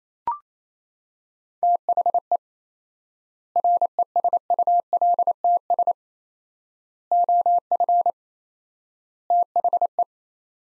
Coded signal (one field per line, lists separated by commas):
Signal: Morse code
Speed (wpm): 27 wpm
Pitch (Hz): 700 Hz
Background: none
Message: THE RESULTS OF THE